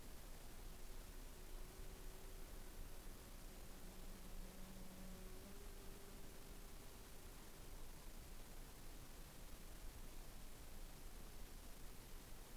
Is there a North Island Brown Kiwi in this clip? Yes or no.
no